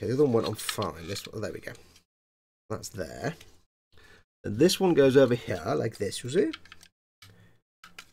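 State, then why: Partly seated. Someone talks while test-fitting a large plastic model kit part onto its mating peg joint, followed by quiet plastic contact taps. A tap at 7.8 s marks the part being pressed on only loosely, not fully home, deliberately left unlocked so it can be taken apart again.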